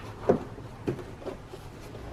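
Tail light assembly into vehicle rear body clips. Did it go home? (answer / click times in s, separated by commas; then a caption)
no / none. The plastic tail light assembly of a 2015–2023 Chevrolet Trax is positioned and lined up on its clips in the rear body opening, ready to be pressed in. Dull handling knocks land at about 0.3, 0.9 and 1.3 seconds over a low steady hum. Nothing has seated or clicked yet.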